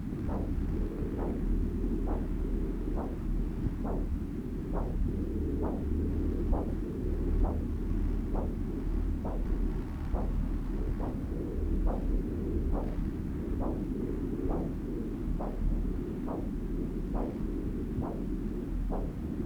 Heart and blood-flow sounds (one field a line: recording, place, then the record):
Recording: Doppler ultrasound of blood flow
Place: right subclavian vein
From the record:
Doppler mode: continuous wave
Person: adult scuba diver, at rest before a dive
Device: O'Dive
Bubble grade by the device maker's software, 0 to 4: 0